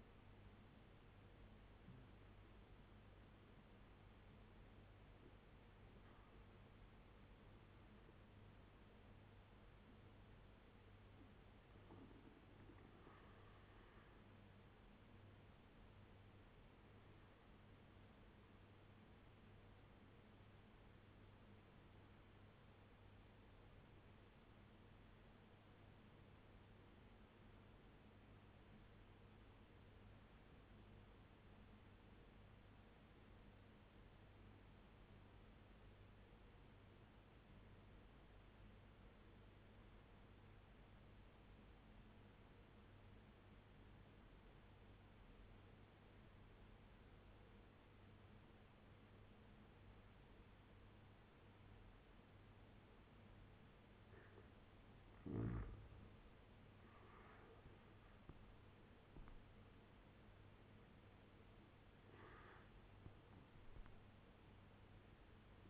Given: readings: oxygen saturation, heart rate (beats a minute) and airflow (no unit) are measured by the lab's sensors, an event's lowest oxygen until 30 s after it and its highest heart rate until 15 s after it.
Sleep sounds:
breathing in sleep by a voice recorder at the bedside; 1
17.00-55.10 s: obstructive apnea (N2, oxygen 97% highest, then 88% lowest, heart rate 79 at the start, 87 highest)
54.00-65.70 s: new sleep stage, N1 (lightest sleep)
From the record:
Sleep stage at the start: N2 (light sleep); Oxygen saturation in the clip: 84 to 97%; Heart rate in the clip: 71 to 87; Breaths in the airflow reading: 6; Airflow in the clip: -9.4 to 10.4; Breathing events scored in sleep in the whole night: 201 in 6.5 hours asleep

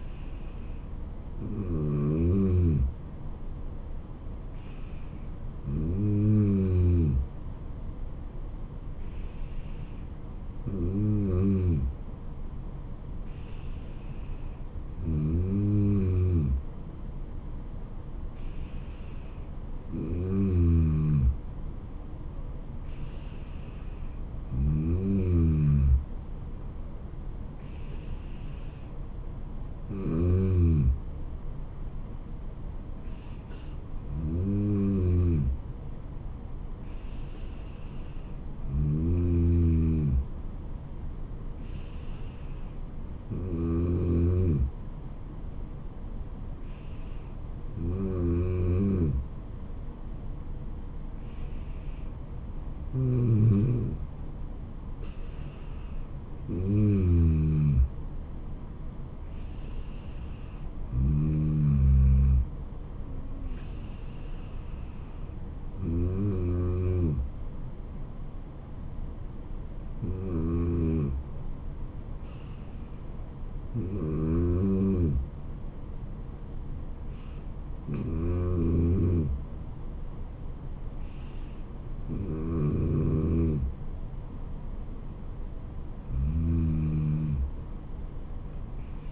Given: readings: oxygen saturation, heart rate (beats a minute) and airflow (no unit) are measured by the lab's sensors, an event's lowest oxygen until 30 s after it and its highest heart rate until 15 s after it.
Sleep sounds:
breathing in sleep by a smartphone at the bedside; none
none scored
From the record:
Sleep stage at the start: N2 (light sleep); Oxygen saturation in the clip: 93 to 95%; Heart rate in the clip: 70 to 79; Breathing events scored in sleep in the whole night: 426 in 7.4 hours asleep

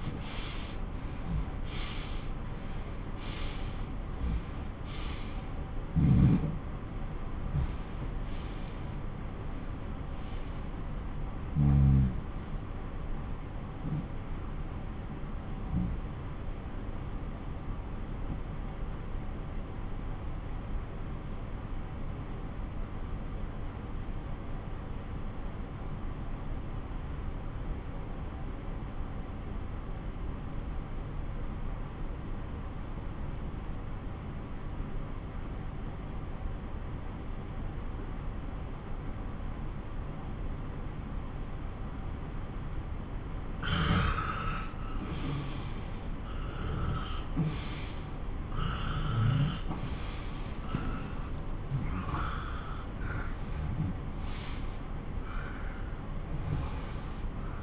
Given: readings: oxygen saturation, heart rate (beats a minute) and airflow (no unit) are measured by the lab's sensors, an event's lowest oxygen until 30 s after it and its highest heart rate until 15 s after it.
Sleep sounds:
breathing in sleep by a smartphone at the bedside; 1
6.00-43.30 s: obstructive apnea (N1, oxygen 97% highest, then 88% lowest)
26.00-56.00 s: new sleep stage, N2 (light sleep)
56.00-57.63 s: new sleep stage, N1 (lightest sleep)
From the record:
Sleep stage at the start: N1 (lightest sleep); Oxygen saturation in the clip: 84 to 97%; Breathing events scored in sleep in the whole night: 217 in 6.3 hours asleep

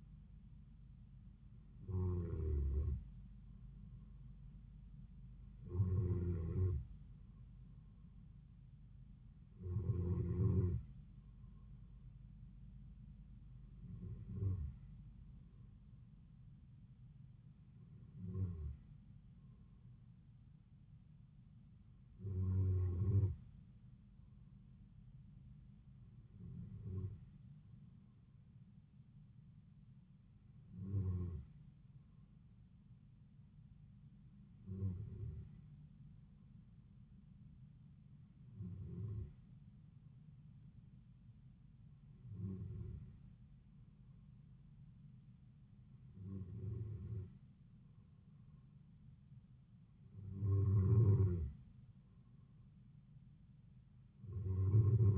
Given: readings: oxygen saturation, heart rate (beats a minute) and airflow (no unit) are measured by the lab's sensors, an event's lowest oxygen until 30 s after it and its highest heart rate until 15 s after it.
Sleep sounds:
breathing in sleep by a smartphone at the bedside; none
none scored
From the record:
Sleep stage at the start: N2 (light sleep); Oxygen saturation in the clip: 93 to 94%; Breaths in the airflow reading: 13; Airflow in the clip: -3.8 to 3.5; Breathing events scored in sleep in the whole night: 270 in 6.1 hours asleep

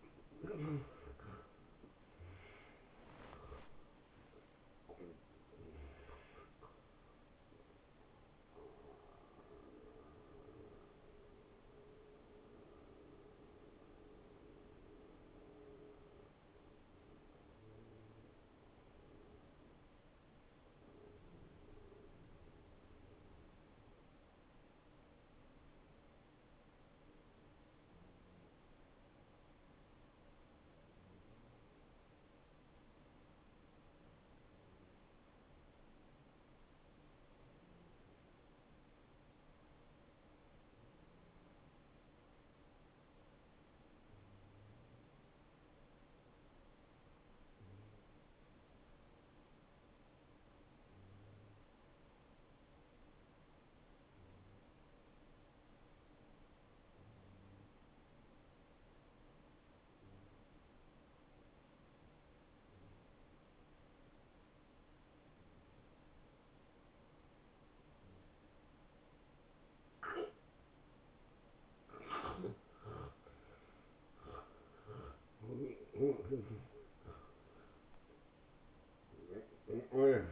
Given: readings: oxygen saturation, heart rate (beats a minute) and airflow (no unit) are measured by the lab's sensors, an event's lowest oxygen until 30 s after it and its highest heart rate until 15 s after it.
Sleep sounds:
breathing in sleep by a voice recorder at the bedside; 1
9.00-73.00 s: hypopnea (N1, oxygen 97% highest, then 90% lowest)
24.00-80.32 s: new sleep stage, N2 (light sleep)
From the record:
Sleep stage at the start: N1 (lightest sleep); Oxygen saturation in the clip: 84 to 97%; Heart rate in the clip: 62 to 83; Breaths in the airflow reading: 17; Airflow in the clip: -16.4 to 12.3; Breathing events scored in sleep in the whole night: 263 in 5.5 hours asleep

